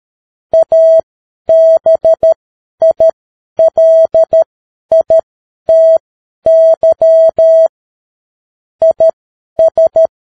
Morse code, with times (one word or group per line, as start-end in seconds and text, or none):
0.5-7.7 ABILITY
8.8-10.1 IS